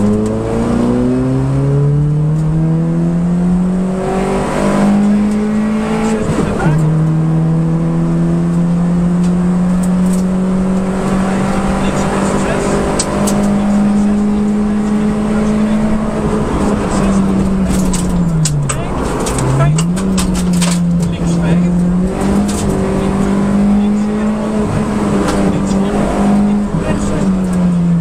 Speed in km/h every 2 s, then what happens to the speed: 62, 80, 94, 102, 113, 121, 127, 133, 114, 84, 76, 90, 85, 74.
0-13 speeds up to 133. 13-19 brakes to 76. 19-23 speeds up to 90. 23-28 brakes to 74.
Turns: none.